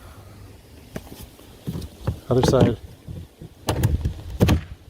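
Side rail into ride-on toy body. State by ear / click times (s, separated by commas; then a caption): seated / 4.5 s. A plastic side rail on the second side of a ride-on buggy is pressed into its mount on the toy body while someone talks, producing scattered plastic knocks and rattles. The rail snaps into place with a sharp click at 4.5 seconds and is seated.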